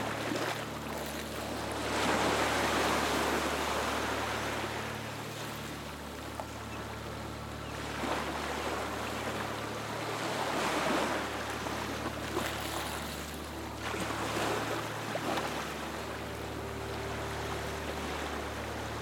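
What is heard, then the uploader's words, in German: Waves wash in broad surges every few seconds over a low, steady drone of soft music with slow, repeating bass tones underneath. Entspannende Musik mit dem bezaubernden Geräusch der Wellen.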